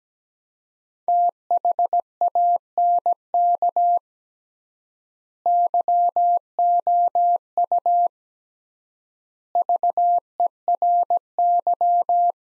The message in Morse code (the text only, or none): THANK YOU VERY